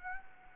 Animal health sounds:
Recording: mosquito wingbeat signal from an infrared sensor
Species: Anopheles arabiensis

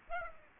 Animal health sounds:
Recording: mosquito wingbeat signal from an infrared sensor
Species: Aedes aegypti

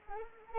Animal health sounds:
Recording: mosquito wingbeat signal from an infrared sensor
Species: Anopheles arabiensis

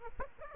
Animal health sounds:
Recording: mosquito wingbeat signal from an infrared sensor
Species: Aedes aegypti

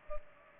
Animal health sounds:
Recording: mosquito wingbeat signal from an infrared sensor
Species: Culex pipiens

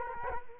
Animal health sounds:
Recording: mosquito wingbeat signal from an infrared sensor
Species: Culex quinquefasciatus

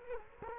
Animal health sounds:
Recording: mosquito wingbeat signal from an infrared sensor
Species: Culex quinquefasciatus

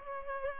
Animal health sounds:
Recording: mosquito wingbeat signal from an infrared sensor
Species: Culex pipiens

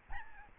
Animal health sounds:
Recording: mosquito wingbeat signal from an infrared sensor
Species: Aedes albopictus

